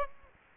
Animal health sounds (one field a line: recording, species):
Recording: mosquito wingbeat signal from an infrared sensor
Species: Aedes aegypti